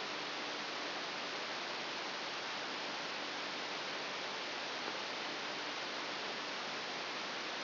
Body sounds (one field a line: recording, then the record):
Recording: brain microelectrode recording played as sound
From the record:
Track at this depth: inside the subthalamic nucleus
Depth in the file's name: 1.606 mm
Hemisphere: right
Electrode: 3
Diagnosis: Parkinson's disease